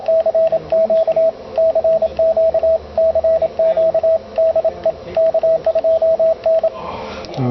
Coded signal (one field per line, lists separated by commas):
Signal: Morse code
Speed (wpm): 27 wpm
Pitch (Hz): 650 Hz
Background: radio noise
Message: CQ CQ CQ DE K2N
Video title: A QRP CW "DE-Xpedition" Aboard USS SLATER (DE-766)